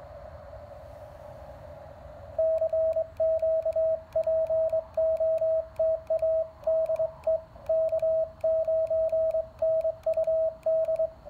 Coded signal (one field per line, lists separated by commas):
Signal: Morse code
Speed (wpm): 22 wpm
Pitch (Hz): 640 Hz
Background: radio noise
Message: CQ POTA DE K9NUD